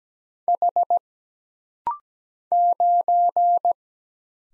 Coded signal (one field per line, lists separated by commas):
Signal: Morse code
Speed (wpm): 17 wpm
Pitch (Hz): 700 Hz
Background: none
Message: H 9